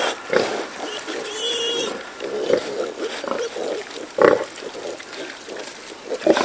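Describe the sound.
Wild boar grunting in short, irregular bursts with a few sharper squeaks, low snuffling noises between calls.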